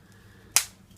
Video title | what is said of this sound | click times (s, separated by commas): Transformers Mini-Con Deployers Fun Little Robots In Disguise Toy | I think this is the one where you need to hear a positive click from the legs | 0.6 s